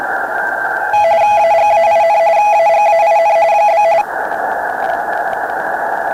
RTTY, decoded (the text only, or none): AGAIN AGAIN ?